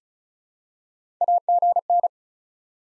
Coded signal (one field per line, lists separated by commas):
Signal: Morse code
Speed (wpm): 34 wpm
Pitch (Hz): 700 Hz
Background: none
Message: AGN